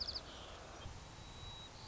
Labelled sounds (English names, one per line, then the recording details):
White-crowned Sparrow
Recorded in Sonoma County, California